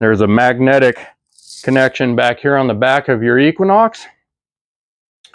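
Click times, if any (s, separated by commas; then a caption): 5.2 s. A magnetic charging cable plug is brought to the magnetic charging port on the back of a Minelab Equinox 900 metal detector's control box while someone talks. After a pause, a sharp tick at 5.3 s marks the plug snapping into place, and it is seated.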